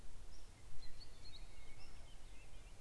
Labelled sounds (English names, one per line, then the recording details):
Eurasian Blackcap
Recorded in Germany
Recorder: ecoPi